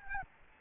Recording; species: mosquito wingbeat signal from an infrared sensor; Aedes albopictus